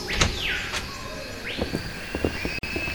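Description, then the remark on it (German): Ambience inside a zoo's large new rainforest house with a glass roof: birds give long sliding whistles, one falling and one rising into a held tone, amid scattered clicks and chirps over a steady airy hiss, with no talking. “Und schon sind wir im Regenwald.”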